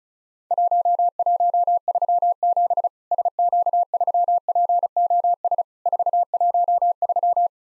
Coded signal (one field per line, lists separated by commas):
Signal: Morse code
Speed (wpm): 34 wpm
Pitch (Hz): 700 Hz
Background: none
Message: 1137 SQ3POS 413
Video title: Worked All Europe DX Contest QTC Exchange 35wpm